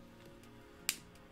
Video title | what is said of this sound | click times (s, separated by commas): #inc Micro Tip Brush Pen - Is it Worth it? Artist PRODUCT REVIEW #dollartee | oh that's a nice snap | 0.9 s